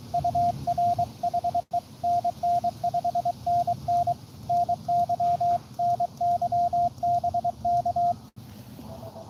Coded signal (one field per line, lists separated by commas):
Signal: Morse code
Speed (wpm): 23 wpm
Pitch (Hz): 700 Hz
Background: radio noise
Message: UR HE NN 5NN NY NY BK